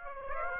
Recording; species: mosquito wingbeat signal from an infrared sensor; Aedes aegypti